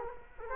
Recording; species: mosquito wingbeat signal from an infrared sensor; Culex quinquefasciatus